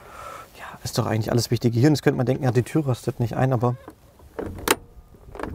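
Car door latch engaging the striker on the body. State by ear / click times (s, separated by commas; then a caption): not seated / none. Someone talks about the interior of a 1963 GAZ M-21 Volga sedan while handling its door, with the steel door latch moving toward the striker on the body. A few faint handling ticks follow near the end of the clip. Nothing has seated or clicked yet.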